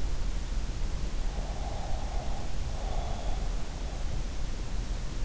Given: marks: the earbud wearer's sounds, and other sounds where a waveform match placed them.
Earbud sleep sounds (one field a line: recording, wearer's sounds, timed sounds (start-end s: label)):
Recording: sounds in sleep by an in-ear microphone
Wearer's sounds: breath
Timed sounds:
1.34-3.45 s: breath